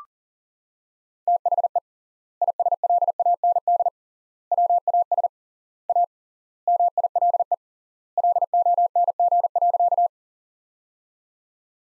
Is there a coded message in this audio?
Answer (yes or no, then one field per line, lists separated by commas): yes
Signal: Morse code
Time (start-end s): 1.3-10.1 s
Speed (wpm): 40 wpm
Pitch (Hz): 700 Hz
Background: none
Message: THE ISLAND WAS A MILE LONG.